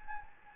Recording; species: mosquito wingbeat signal from an infrared sensor; Anopheles gambiae